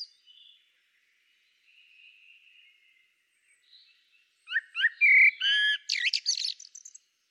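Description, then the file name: Common blackbird: soft thin whistles at first, then a loud burst of clear, slurred fluting notes and a harsh, twittering high flourish. "Turdus merula"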